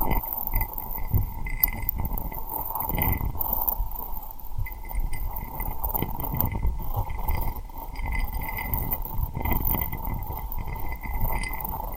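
Rhinestone lip triggers, tapping and rubbing, go on without a break. There are dense, quick, uneven scratches and taps with low thumps throughout, a few stronger bursts near 1.5, 3 and 9 seconds, and a steady thin tone running underneath the whole time.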